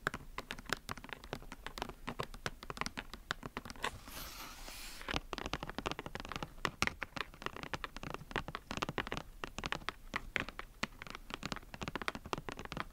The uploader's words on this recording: ASMR Tapping For Tingles And Sleep.